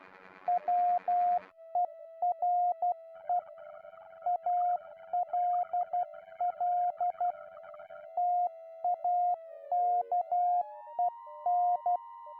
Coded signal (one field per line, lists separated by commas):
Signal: Morse code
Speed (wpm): 12 wpm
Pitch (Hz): 710 Hz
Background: music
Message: WERE ALL TAKEN